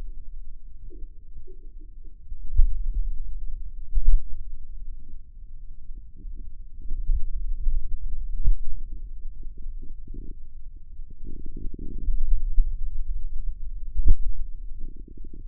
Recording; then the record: forearm muscle sounds (acoustic myography)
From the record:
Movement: pen grasping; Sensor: system 2, bracelet of six BSWA MPA416 microphones around the upper forearm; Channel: 6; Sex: male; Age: 22 years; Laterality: right